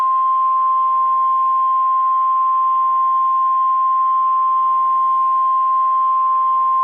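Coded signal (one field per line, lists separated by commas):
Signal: Emergency Alert System (SAME) tones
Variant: 1050 Hz attention tone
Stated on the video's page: Simulated Emergency Alert System broadcast using real EAS tones, with synthesized voice recorded in Audacity.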